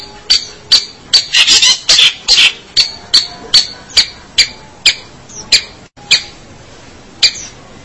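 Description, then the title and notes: Long-tailed shrike song: a series of loud, sharp, high clicking notes at an uneven pace, briefly bunched into a fast burst, then spacing out with short gaps. "Pentet 201703. Suara burung pentet"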